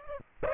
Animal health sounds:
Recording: mosquito wingbeat signal from an infrared sensor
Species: Aedes aegypti

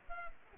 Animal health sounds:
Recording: mosquito wingbeat signal from an infrared sensor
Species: Culex pipiens

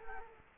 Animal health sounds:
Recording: mosquito wingbeat signal from an infrared sensor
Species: Culex quinquefasciatus

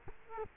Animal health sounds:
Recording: mosquito wingbeat signal from an infrared sensor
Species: Culex quinquefasciatus

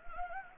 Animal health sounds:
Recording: mosquito wingbeat signal from an infrared sensor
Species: Anopheles gambiae

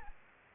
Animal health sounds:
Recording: mosquito wingbeat signal from an infrared sensor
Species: Aedes aegypti

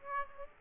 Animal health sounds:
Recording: mosquito wingbeat signal from an infrared sensor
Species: Aedes aegypti

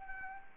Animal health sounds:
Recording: mosquito wingbeat signal from an infrared sensor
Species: Anopheles arabiensis

